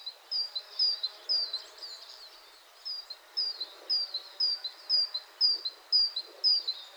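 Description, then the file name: Great tit: a series of sharp, high two-note phrases repeated about twice a second, with a short gap early on. "Parus major"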